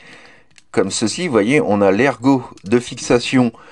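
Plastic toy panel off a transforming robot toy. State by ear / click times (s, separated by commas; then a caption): released / 0.5 s, 0.6 s. A plastic part of a Transformers Generations Junkheap toy is unclipped from the transforming robot during its transformation, with two small clicks at 0.5 s and 0.6 s as it releases. Someone talks for the rest of the clip.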